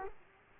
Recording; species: mosquito wingbeat signal from an infrared sensor; Aedes aegypti